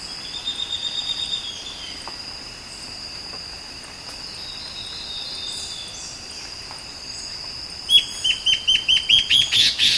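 Bird chirps: a quick run of short, sharp high notes at the start, then a fast series of bright notes near the end, over a steady high insect drone.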